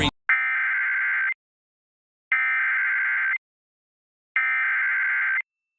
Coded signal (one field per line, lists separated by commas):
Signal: Emergency Alert System (SAME) tones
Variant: header bursts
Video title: KLVX-TV Flash Flood Warning (EAS #1272) 9/20/23